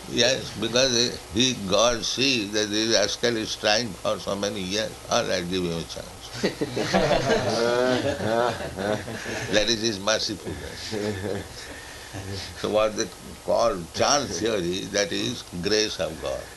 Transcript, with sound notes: Yes, because if God sees that the rascal is trying for so many years, "All right, give him a chance." [laughter] That is His mercifulness. So what they call chance theory, that is grace of God.